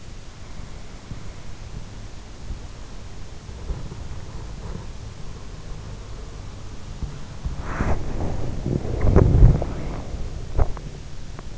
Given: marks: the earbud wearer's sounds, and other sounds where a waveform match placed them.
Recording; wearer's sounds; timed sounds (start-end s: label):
sounds in sleep by an in-ear microphone; body movement, teeth grinding
3.02-11.58 s: body movement
9.04-11.49 s: teeth grinding